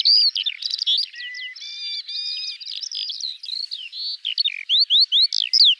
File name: Alouette des champs